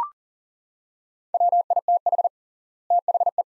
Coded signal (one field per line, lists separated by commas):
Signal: Morse code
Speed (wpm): 40 wpm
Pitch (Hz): 700 Hz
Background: none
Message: WITH THE